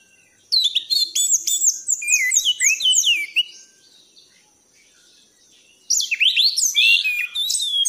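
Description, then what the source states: Thrush song, a fast jumble of descending slurs and chips for three seconds, a silent gap, then another dense burst. Song of an 'anis' in the 'gacor teler' style, compiled as a masteran tutor recording for training cage birds.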